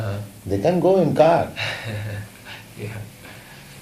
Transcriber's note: laughs